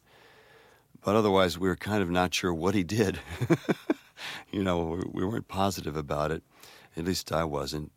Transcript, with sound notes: But otherwise, we were kind of not sure what he did (laughter). You know, we weren't positive about it. At least, I wasn't.